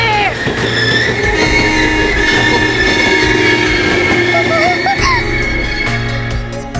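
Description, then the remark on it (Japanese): A Tobu train bound for Tobu Dobutsu Koen brakes hard for an emergency stop at Kasukabe Station in 1991 after someone falls onto the track, its wheels letting out a steady, high metallic squeal over a deep, continuous rumble, with a few wavering shrieks and clanks near the end. “転落だ、電車止めろ。”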